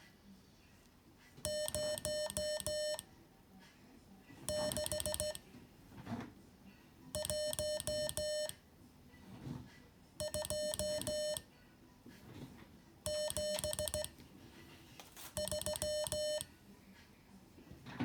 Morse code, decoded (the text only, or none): 0 6 1 2 7 3